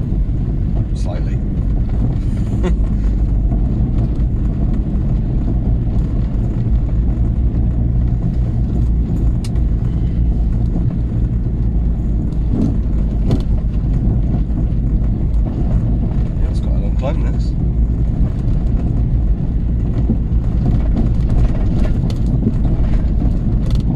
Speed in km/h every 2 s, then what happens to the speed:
13, 18, 19, 23, 23, 21, 21, 21, 21, 23, 23, 21.
0-6 speeds up to 23. 6-24 steady at about 21.